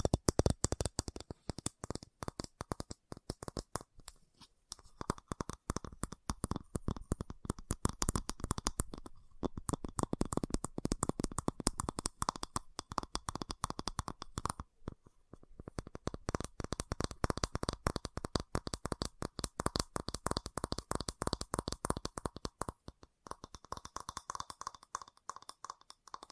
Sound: Fast Tapping